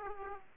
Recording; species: mosquito wingbeat signal from an infrared sensor; Aedes aegypti